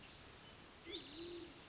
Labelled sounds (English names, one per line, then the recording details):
Band-tailed Pigeon
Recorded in Sonoma County, California